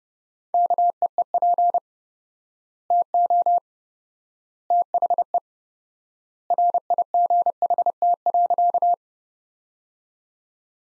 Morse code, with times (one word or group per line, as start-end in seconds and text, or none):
0.5-1.8 KEEP
2.9-3.6 TO
4.7-5.4 THE
6.5-8.9 RIGHT.